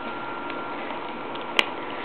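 On a homemade toothpick gun, the wire spring of a wooden clothespin is pulled all the way back until it catches in a notch cut into the wooden clothespin arm, setting the trigger. Over a steady background hiss, a single sharp click is heard at 1.6 seconds. The spring seats in the notch and the trigger is set.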